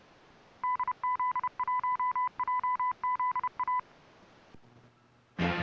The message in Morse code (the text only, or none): DZ1JZA